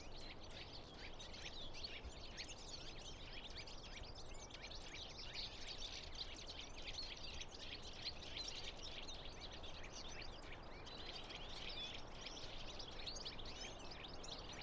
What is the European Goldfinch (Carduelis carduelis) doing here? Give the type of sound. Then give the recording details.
call. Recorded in the wild. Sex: group. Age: adult. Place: Bernau bei Berlin, Bernauer Forst, Brandenburg, DE. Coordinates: 52.6975, 13.5211. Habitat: wood. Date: 2007-01-05 12:38. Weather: unsettled, ca. 5°C, moderate to strong winds. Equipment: Sound Devices 702, Sennheiser MKH 70, Windkorb. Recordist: Frommolt, Karl-Heinz